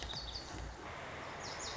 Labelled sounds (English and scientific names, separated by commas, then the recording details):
Lazuli Bunting (Passerina amoena)
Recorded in Sonoma County, California